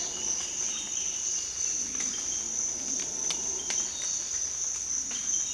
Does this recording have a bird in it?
no